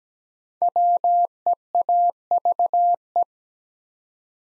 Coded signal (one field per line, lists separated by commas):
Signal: Morse code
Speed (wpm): 17 wpm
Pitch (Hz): 700 Hz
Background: none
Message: WEAVE